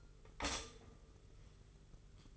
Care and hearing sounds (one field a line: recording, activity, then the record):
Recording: daily activity, microphone in the room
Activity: stop toaster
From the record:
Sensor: 4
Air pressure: 991.5 hPa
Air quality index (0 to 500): 136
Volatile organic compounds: 54 ppm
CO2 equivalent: 3341 ppm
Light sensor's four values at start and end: 18/59/22/22 and 18/57/21/21